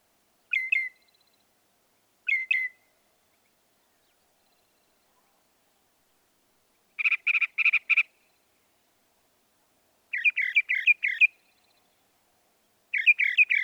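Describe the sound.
Northern mockingbird song in separate phrases: two single notes, then clusters of rapidly repeated syllables with pauses between.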